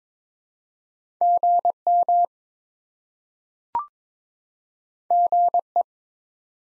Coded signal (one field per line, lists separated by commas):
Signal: Morse code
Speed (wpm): 22 wpm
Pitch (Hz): 700 Hz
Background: none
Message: GM GE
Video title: Top 20 QSO Elements 22wpm